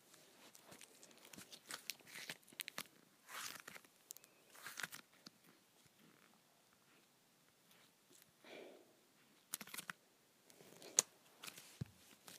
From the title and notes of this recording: ASMR Pulling Apart Putty.